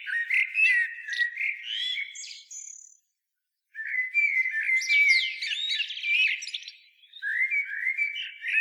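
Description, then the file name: Common blackbird singing: low fluted warbles run into higher twittering notes, a brief pause near three seconds, then another rich, scratchy phrase. "Turdus merula"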